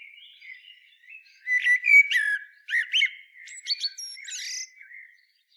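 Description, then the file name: Common blackbird delivers a warbled whistle rising into a string of sharp, squeaky notes, ending with a thin high flourish and soft trailing warble. "Turdus merula"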